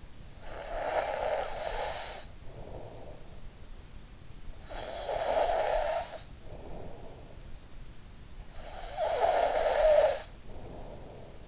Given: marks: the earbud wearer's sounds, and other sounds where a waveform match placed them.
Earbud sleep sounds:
sounds in sleep by an in-ear microphone; snoring breath
0.00-3.37 s: snoring breath
4.23-7.60 s: snoring breath
8.34-11.48 s: snoring breath

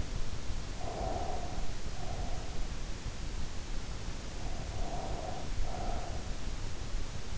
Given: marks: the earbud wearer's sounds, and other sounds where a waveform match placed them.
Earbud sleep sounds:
sounds in sleep by an in-ear microphone; breath
0.76-2.63 s: breath
4.34-6.33 s: breath

